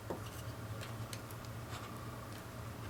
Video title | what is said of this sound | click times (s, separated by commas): Ruger LC9 firing pin removal | Okay. Didn't click, but it went all the way in. | none